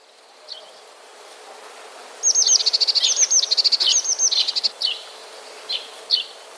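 Eurasian blue tit singing: a couple of thin high notes, then a long rapid trill of bright repeated notes for over two seconds, followed by scattered single notes.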